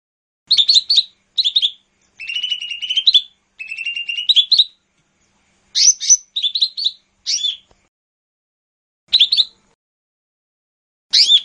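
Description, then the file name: Lesser green leafbird song: bright chirps and buzzy trilled phrases in bursts, some longer rattling strings, separated by short pauses and later longer silences. "cucak hijau mini. omkicau"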